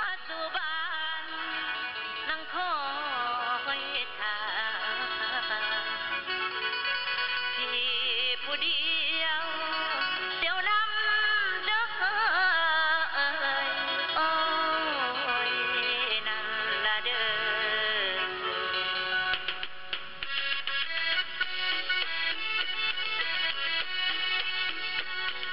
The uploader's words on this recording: Cambodia - music on shortwave radio. Cambodia Music (male singing) heard on shortwave radio in Krong Battambang, Cambodia.